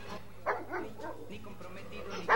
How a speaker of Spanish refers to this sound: Los ladridos de los perros.